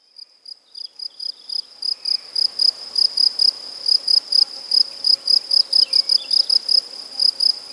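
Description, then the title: Cricket song: high, pulsed chirps repeated several times a second, starting quiet and swelling louder, with faint lower sounds underneath. Crickets with various other insects and birds at Buoux, Vaucluse, France, in May 2007. "Sylvain Jaskowiak - Animus. Grillons, Divers Insectes Et Oiseaux - Buoux, Vaucluse - mai 2007"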